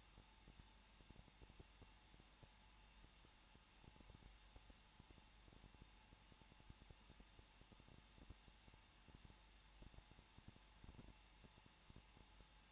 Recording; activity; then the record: daily activity, microphone in the room; no activity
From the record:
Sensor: 1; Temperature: 20.0 degrees Celsius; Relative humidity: 39.5%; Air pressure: 1006.4 hPa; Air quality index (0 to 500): 220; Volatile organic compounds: 83 ppm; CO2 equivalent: 3635 ppm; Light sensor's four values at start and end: 1/2/1/1 and 1/2/1/1